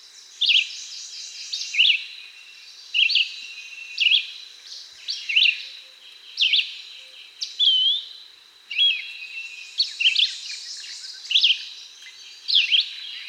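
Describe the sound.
Red-eyed Vireo song: short slurred whistled phrases, some rising and some falling, repeated roughly every second with brief pauses, over a steady high hiss.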